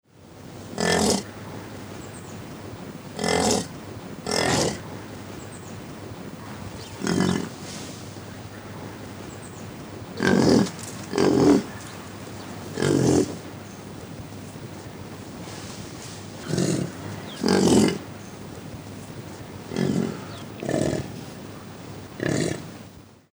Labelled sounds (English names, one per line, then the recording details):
European Bison
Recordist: Tembrock, Günter
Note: Bulle beim Treiben und andere Tiere (Kontaktlaute)